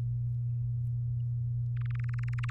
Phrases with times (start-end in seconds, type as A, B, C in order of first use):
1.77-2.50 A